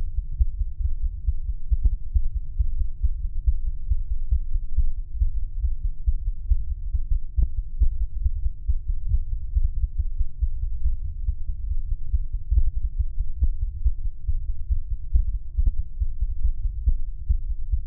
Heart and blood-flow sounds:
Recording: fetal heart sounds by stethoscope on the mother's abdomen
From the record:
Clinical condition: bleeding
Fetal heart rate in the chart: 148 bpm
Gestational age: 34 weeks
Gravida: 3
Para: 1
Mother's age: 23 years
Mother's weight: 49 kg

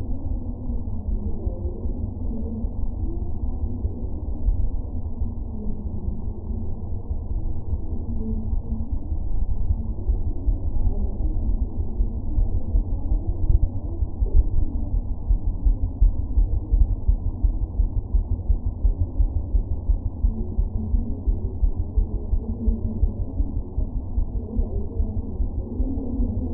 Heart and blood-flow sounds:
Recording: fetal heart sounds by stethoscope on the mother's abdomen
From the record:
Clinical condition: abdominal pain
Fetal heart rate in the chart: 146 bpm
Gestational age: 39 weeks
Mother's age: 27 years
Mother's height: 144 cm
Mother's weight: 83 kg

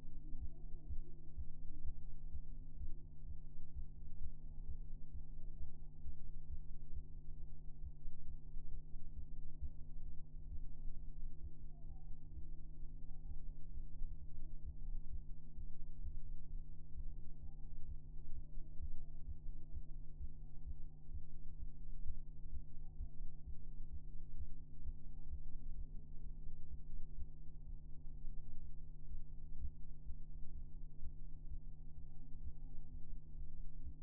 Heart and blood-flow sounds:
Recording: fetal heart sounds by stethoscope on the mother's abdomen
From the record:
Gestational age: 33 weeks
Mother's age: 21 years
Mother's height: 151 cm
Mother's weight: 51 kg

